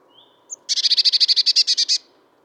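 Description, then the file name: Eurasian blue tit call: two short thin high notes, then a loud, even rattle of many quick buzzy notes lasting over a second. "Cyanistes caeruleus"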